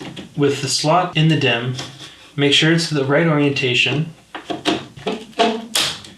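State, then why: Seated. Someone talks while a DDR4 desktop memory stick, its gold contacts lined up with the DIMM slot notch, is pushed down into the motherboard slot. A few short knocks follow the speech, and the retention clips at both ends click in at 5.8 s, seating the RAM.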